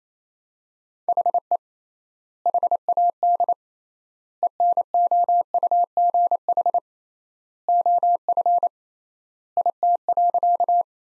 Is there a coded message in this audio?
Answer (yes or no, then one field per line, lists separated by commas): yes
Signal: Morse code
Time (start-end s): 1.1-10.8 s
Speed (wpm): 28 wpm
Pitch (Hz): 700 Hz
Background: none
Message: HE HAD ENOUGH OF IT.